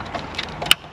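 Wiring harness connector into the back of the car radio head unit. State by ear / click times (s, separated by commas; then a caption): seated / 0.7 s. A wiring harness connector is plugged back into the leftmost socket on the back of the factory radio head unit in a 4th Gen Tacoma dash. Soft plastic handling and rustling lead to a faint tap at 0.4 s, then a sharp, loud click at 0.7 s as the connector latches and seats.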